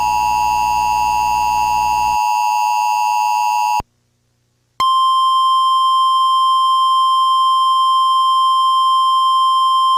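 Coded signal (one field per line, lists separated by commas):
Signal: Emergency Alert System (SAME) tones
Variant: 853 and 960 Hz attention tone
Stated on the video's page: Simulated EAS scenario in analog horror style.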